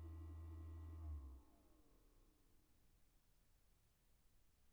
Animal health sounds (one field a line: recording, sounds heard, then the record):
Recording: poultry house recording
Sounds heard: no chicken sound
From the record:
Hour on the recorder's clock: 1